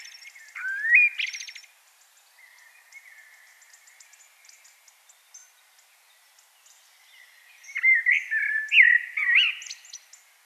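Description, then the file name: Common blackbird song: two fluty warbled phrases with a quiet pause between, each ending in squeaky high notes. "Turdus merula"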